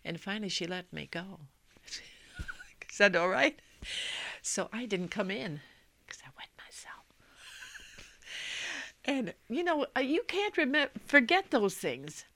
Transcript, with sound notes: And finally she let me go. She said, "All right." So I didn't come in. ( she whispers ) Because I wet myself. ( she laughs ) And, you know, you can't forget those things.